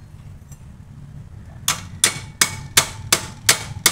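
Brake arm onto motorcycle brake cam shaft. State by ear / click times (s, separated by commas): not seated / none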